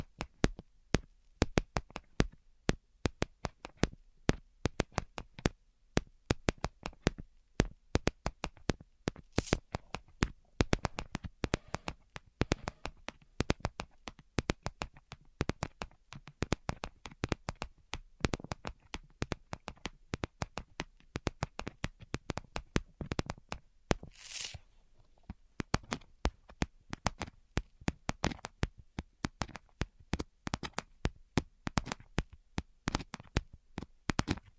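Rapid, uneven fingertip tapping runs through the whole clip, with sharp crisp clicks coming in dense clusters and brief gaps between them. Around the 24-second mark a short brushing swish breaks in. No voice is heard.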